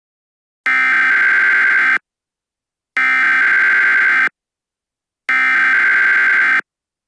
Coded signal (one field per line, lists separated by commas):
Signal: Emergency Alert System (SAME) tones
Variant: header bursts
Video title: The Motaco Armageddon [EAS SCENARIO]